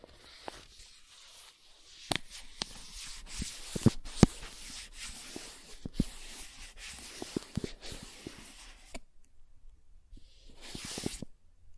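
Soft tracing across a surface makes a steady hiss with scattered sharp clicks and ticks, pausing briefly near nine seconds before a final airy swipe.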